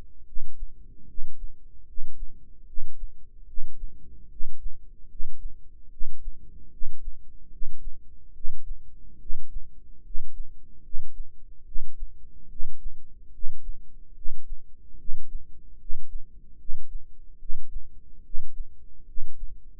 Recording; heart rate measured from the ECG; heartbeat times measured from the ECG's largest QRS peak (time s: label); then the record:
heart sounds by microphone in the right ear; 73 bpm
0.24 s: heartbeat
1.05 s: heartbeat
1.84 s: heartbeat
2.65 s: heartbeat
3.45 s: heartbeat
4.28 s: heartbeat
5.07 s: heartbeat
5.89 s: heartbeat
6.69 s: heartbeat
7.49 s: heartbeat
8.32 s: heartbeat
9.17 s: heartbeat
10.02 s: heartbeat
10.81 s: heartbeat
11.63 s: heartbeat
12.47 s: heartbeat
13.30 s: heartbeat
14.13 s: heartbeat
14.96 s: heartbeat
15.77 s: heartbeat
16.56 s: heartbeat
17.37 s: heartbeat
18.21 s: heartbeat
19.04 s: heartbeat
From the record:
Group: healthy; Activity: rest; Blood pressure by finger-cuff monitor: 108/62 mmHg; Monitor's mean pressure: 76 mmHg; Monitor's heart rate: 73 bpm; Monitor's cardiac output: 7.2 L/min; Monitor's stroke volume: 97 mL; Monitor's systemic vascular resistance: 760 dyn s/cm5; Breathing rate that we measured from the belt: 22 breaths a minute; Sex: male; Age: 35 years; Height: 180 cm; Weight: 86.9 kg